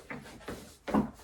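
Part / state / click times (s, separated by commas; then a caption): office chair component into its mounting hole on the chair / not seated / none. A heavy part of an Odinlake Ergo PRO Chair 633 reclining office chair with footrest is lined up with its mounting hole on the chair and pushed into place. Three dull knocks are heard, at about 0.1 s, 0.5 s and 0.9 s, with the last being the loudest. The part seems fitted and the chair is called ready to use, but nothing has clicked.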